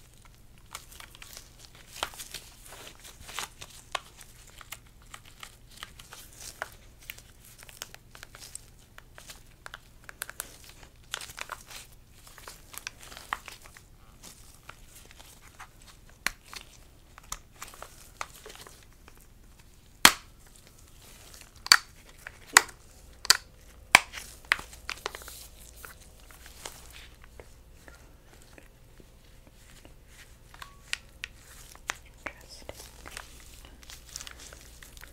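Gloved hands handle and inspect objects, giving a steady run of crinkles, rubs and soft creaks. Around twenty seconds a cluster of sharper clicks and snaps stands out, and a low hum sits underneath throughout.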